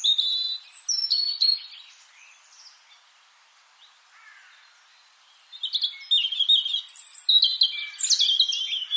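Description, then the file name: European robin singing two separate high, tinkling phrases of thin whistles and twitters, divided by a silent pause of about three seconds. "Erithacus rubecula"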